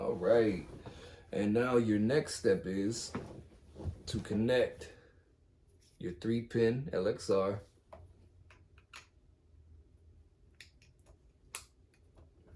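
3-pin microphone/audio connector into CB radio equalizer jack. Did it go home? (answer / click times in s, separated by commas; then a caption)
yes / 11.5 s. Someone talks, then quiet handling noises follow as a 3-pin connector is pushed into the equalizer jack of an RCI 2995DX CB radio with a V7 equalizer. A sharp click at 11.6 s marks the connector locking in place and seating.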